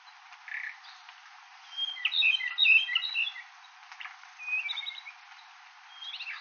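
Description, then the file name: Ryukyu robin song: a loud, jumbled burst of high whistled notes around two seconds in, then softer phrases later. Amami, 2012. "akahige amami ishida"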